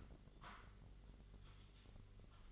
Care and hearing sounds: daily activity, microphone in the room; typing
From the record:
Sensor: 4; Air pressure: 1008.4 hPa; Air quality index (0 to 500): 82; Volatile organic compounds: 1 ppm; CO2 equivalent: 652 ppm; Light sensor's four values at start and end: 17/39/16/16 and 17/39/16/16

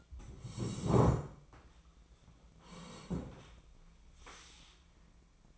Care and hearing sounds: daily activity, microphone in the room; sit down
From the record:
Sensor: 1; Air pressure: 1012.3 hPa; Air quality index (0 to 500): 172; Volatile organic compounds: 3 ppm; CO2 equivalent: 1412 ppm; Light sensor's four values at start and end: 44/119/49/60 and 44/119/49/59

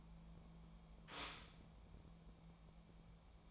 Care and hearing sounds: daily activity, microphone in the room; stop toaster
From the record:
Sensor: 1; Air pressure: 1000.3 hPa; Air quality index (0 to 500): 156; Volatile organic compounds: 3 ppm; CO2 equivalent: 1456 ppm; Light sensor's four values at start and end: 28/70/29/35 and 28/70/29/35

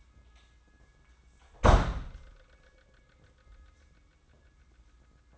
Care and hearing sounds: daily activity, microphone in the room; close door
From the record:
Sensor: 3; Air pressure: 994.3 hPa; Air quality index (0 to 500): 206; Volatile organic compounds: 1000 ppm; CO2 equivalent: 6912 ppm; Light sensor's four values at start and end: 144/345/144/141 and 149/358/149/147

